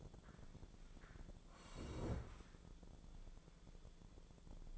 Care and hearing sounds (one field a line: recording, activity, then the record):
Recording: daily activity, microphone in the room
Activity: sit down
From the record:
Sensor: 5